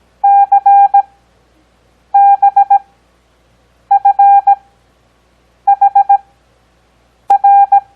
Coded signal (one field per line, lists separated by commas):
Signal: Morse code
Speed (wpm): 17 wpm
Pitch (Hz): 800 Hz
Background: none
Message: CBFHR